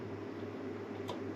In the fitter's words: and then turn the arrow till it clicks